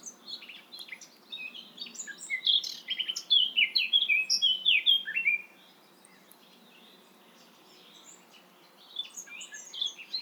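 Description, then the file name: Eurasian blackcap song: a rapid, varied warble of high chirping and whistled notes for about five seconds, a pause, then the warbling resumes near the end. "Sylvia atricapilla"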